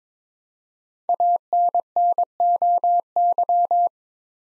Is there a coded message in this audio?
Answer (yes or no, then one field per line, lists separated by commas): yes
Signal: Morse code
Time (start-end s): 1.1-3.9 s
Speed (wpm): 21 wpm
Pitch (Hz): 700 Hz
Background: none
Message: ANNOY